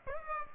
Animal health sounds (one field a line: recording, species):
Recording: mosquito wingbeat signal from an infrared sensor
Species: Aedes aegypti